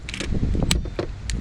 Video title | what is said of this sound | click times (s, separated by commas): Making the Honda Street even BETTER | right there that click now let's put the passenger side on so | 0.7 s